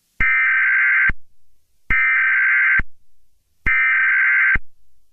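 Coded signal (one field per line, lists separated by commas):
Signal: Emergency Alert System (SAME) tones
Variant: header bursts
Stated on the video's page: Fictional EAS scenario, not a real alert.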